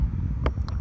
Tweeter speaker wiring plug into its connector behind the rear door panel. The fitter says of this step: push that in until I hear it click